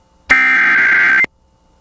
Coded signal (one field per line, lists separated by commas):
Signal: Emergency Alert System (SAME) tones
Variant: header bursts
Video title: (EAS #29) Arkansas SEVERE THUNDERSTORM WARNING on KALT-FM